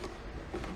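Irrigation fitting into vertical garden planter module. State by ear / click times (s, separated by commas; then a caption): not seated / none. A small plastic irrigation fitting is pushed into the underside of a vertical garden planter module. Only low, steady handling noise with faint rustling is heard over the 0.8 seconds. Nothing has seated or clicked yet.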